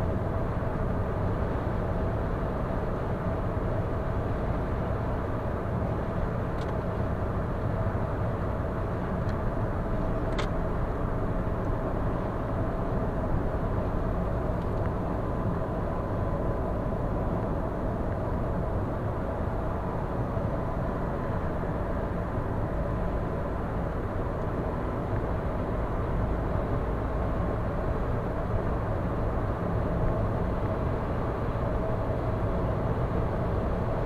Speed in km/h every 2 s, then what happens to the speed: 108, 107, 107, 108, 108, 104, 99, 97, 96, 95, 94, 94, 97, 101, 103, 104, 105.
0-8 steady at about 108. 8-19 slows to 94. 19-34 speeds up to 105.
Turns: none.